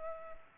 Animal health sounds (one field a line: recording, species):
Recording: mosquito wingbeat signal from an infrared sensor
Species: Culex pipiens